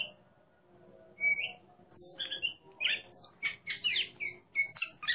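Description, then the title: Oriental magpie-robin song: a short rising whistle, then after a pause a quick series of harsh, buzzy chirps and short slurred notes. Competition songbird; song style called ngeplong, described as gacor (in full, constant song); national champion bird. "burung berkicau Kacer Ngeplong gacor Juara Nasional. burung Kacer"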